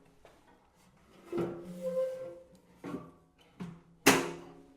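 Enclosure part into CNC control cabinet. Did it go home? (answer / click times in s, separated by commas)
yes / 4.1 s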